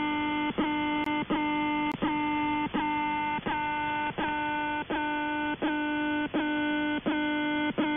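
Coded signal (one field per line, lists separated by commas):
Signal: channel marker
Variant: The Alarm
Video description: "The Alarm" is a Russian military station that broadcasts on 4770 kHz USB.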